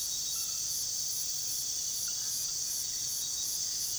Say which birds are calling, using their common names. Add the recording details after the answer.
none. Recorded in pastures near Puerto Asís, Putumayo, Colombia, on 20 February 2024 at 04:30. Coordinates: 0.466, -76.323. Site G6384